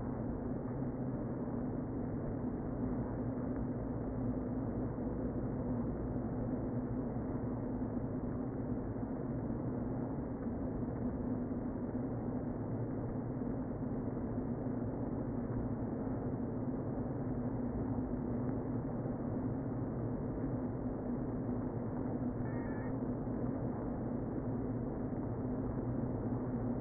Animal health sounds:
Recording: honeybee colony, microphone inside the hive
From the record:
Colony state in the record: queen present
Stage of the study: before two queens were removed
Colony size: about 60,000 bees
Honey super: yes

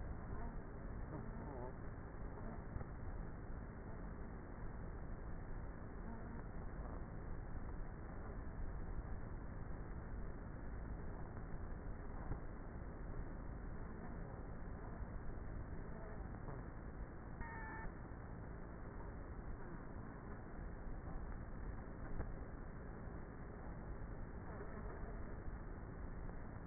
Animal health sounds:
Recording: honeybee colony, microphone inside the hive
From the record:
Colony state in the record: queenless with a low population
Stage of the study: before two queens were removed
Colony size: about 30,000 bees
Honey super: no

